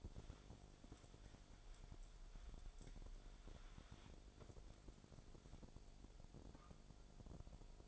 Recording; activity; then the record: daily activity, microphone in the room; wipe stove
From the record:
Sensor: 5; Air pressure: 1000.6 hPa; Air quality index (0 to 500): 159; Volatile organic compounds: 2 ppm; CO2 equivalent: 1222 ppm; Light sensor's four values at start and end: 49/102/47/53 and 48/102/47/52